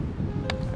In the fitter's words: the top clicks into place and we're good to go so